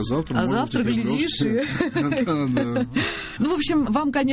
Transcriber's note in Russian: смеется